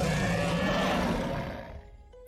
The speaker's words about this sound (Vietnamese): Giờ phút này sau khi tiếng trống thứ 6 truyền ra, thất trảo kim long trên bầu trời cao truyền ra một tiếng gầm quanh quẩn trong tất cả tâm thần của nhân tộc.